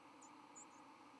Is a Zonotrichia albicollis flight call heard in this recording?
no